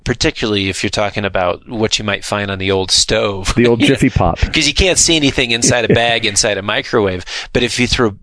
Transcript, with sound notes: Particularly, if you’re talking about what you might find on the old stove (laughs)
The old Jiffy Pop.
You can’t see anything inside a bag inside a microwave, but if you throw